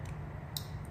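The remaining beam connector on a 2015 Harley-Davidson is pushed into the LED headlight housing. A sharp click at 0.6 s shows the plug locking in. The connector is seated.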